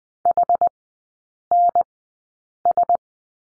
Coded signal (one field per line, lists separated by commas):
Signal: Morse code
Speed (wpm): 20 wpm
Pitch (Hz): 700 Hz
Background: none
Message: HNS